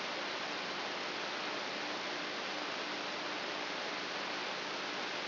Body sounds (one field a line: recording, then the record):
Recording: brain microelectrode recording played as sound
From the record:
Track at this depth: inside the subthalamic nucleus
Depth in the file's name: 6.016 mm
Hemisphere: left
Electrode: 3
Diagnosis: Parkinson's disease